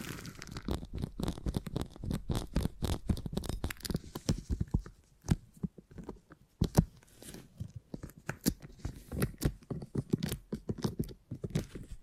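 Beeswax is pressed and worked, giving dense, irregular crackles, crinkles and soft tearing sounds that pop in quick clusters. The clicks reach from low thuds up to bright, sharp ticks, thinning briefly around five and eleven seconds before bunching up again.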